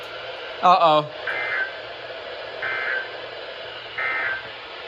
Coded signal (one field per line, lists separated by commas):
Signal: Emergency Alert System (SAME) tones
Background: speech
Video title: It Just NEVER ENDS | Winter Storm Alerts from 1/4/25 (EAS #1460 - 1464)